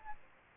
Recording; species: mosquito wingbeat signal from an infrared sensor; Aedes albopictus